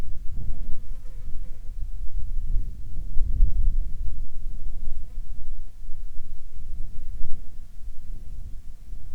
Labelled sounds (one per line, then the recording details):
insects
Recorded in the Arctic National Wildlife Refuge, Alaska, on 30 July 2019 at 13:06
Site 48